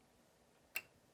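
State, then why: Seated. A SATA cable connector, from a cable with a 90-degree end on one side and a flat end on the other (the 90-degree end keeps the back tidy), is pushed into a hard drive port during a PC build. Against a quiet, steady background, a single short, sharp click rings out at 0.8 s, about 25 dB above the background and bright across the upper frequencies. The connector seats firmly in place.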